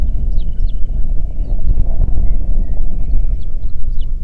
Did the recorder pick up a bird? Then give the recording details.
yes. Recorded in the Prudhoe Bay oil fields, Alaska, on 8 June 2019 at 04:33. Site 30